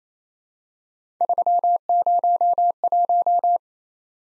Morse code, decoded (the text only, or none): 301